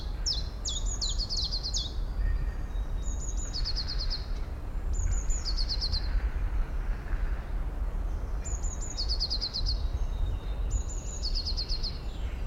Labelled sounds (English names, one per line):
Eurasian Blue Tit call